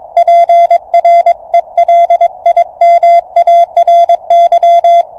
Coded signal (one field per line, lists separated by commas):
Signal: Morse code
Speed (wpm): 22 wpm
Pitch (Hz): 690 Hz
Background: radio noise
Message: PRELIMARY